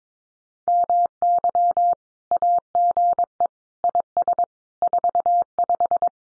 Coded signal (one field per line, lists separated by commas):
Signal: Morse code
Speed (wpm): 22 wpm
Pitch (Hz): 700 Hz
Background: none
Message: MY AGE IS 45